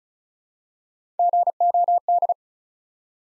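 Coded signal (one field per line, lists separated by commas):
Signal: Morse code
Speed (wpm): 36 wpm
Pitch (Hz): 700 Hz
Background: none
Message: GOD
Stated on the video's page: Build-a-word Morse practice at 35 wpm: 3-letter words copied one letter at a time for instant character recognition.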